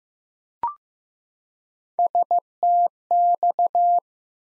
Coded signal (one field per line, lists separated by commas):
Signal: Morse code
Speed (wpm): 15 wpm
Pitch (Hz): 700 Hz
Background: none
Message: STX